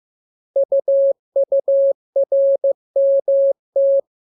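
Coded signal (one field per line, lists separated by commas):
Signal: Morse code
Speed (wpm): 15 wpm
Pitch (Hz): 550 Hz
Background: none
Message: UURMT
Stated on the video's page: Morse lesson drill for letters KMURESNAPT, opened with VVV and a section sign, closed with AR.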